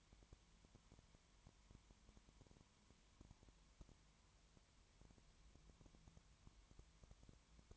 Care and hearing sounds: daily activity, microphone in the room; no activity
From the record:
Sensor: 3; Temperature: 20.1 degrees Celsius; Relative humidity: 31.4%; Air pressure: 1001.3 hPa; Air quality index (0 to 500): 74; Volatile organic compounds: 1 ppm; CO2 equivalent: 696 ppm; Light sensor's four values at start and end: 2/3/2/2 and 2/3/2/2

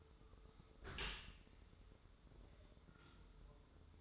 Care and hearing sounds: daily activity, microphone in the room; close dishwasher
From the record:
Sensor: 3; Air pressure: 1014.9 hPa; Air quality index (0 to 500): 40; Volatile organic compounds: 1 ppm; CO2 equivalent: 596 ppm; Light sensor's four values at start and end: 12/27/11/11 and 12/27/11/11

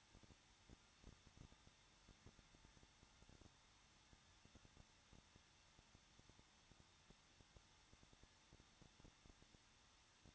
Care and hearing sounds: daily activity, microphone in the room; no activity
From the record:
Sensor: 3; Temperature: 21.2 degrees Celsius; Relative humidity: 36.4%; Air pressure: 1006.3 hPa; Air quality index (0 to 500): 223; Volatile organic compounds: 43 ppm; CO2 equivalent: 3200 ppm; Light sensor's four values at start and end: 2/3/2/2 and 2/3/2/2

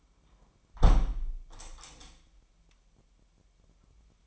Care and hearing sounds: daily activity, microphone in the room; close window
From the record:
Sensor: 1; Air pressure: 998.0 hPa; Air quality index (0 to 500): 128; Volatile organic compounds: 3 ppm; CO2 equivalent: 1520 ppm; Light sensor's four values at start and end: 17/56/23/23 and 17/56/23/23

